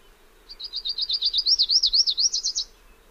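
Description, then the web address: Lucy's warbler song, a fast trill of high, sweet chirped notes lasting about two seconds, over a quiet background. "Songs of Birds of North America Know Your Bird Sounds. Lucys Warbler"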